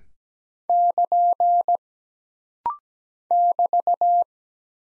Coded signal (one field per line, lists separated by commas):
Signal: Morse code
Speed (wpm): 17 wpm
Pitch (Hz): 700 Hz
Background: none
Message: <KN> <BT>